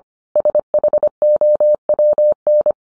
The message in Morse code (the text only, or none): SHOWN